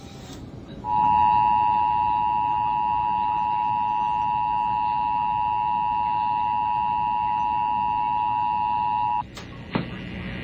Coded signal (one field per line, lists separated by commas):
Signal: Emergency Alert System (SAME) tones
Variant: 853 and 960 Hz attention tone